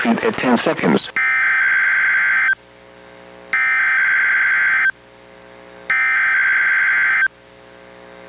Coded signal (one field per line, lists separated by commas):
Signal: Emergency Alert System (SAME) tones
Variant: header bursts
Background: speech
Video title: EAS #889: NWR Required Weekly Test- Nov. 8, 2023- 11:01AM PST